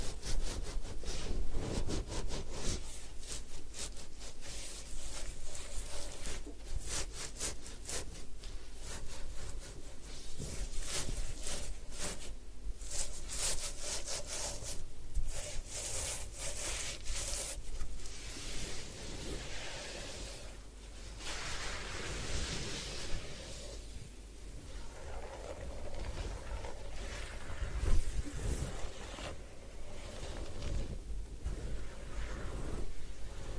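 Hair washing and scalp massage fill the clip with a steady run of close rubbing, scratching and swishing sounds. Quick bursts of bright scrubbing come and go every second or so, with a low constant hum underneath and a brief louder thump near 28 seconds.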